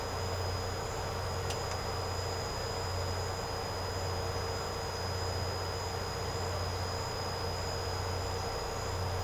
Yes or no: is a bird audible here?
no